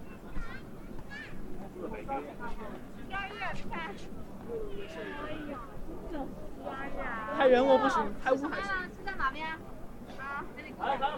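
Crowd sounds at Hongya Cave in Chongqing: several voices talk over one another without pause, some rising louder and brighter around the eighth second. A steady low rumble runs underneath, with faint traffic-like noise and scattered sharper sounds throughout.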